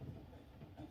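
A light fixture is handled against its ceiling mounting bracket, with low, steady rumbling and faint rustle over 0.9 seconds and no sharp hits. Nothing has seated or clicked into place yet.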